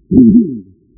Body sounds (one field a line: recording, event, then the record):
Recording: neck accelerometer signal played as sound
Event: no cough (speech, laughter, throat clearing or background)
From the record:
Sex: male